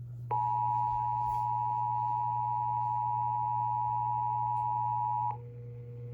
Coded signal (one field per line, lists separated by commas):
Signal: Emergency Alert System (SAME) tones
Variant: 853 and 960 Hz attention tone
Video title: (Repeat?) EAS 1134: Another Tsunami Warning